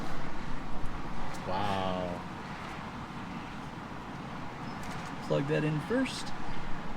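While a heated steering yoke is being fitted, its wire harness connector is about to be plugged into the car's steering column connector before the yoke is mounted. Someone talks over a steady background hum, with no distinct impacts. Nothing has seated or clicked yet by the end of the clip.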